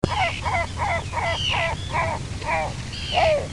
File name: Larus marinus